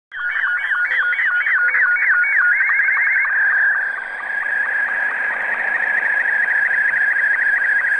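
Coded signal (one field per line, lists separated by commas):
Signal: SSTV (slow-scan television)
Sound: warbling tones stepping up and down, then a rapid buzzy scanning tone with regular ticks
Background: radio static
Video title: SSTV - 14230 KHz USB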